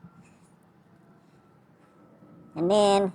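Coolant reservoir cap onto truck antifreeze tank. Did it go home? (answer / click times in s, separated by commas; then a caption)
no / none. A coolant reservoir cap is turned clockwise by thumb and index finger onto a truck's antifreeze tank, getting snug, with only faint low handling noise for about two and a half seconds. Nothing has clicked yet, and near the end someone talks briefly.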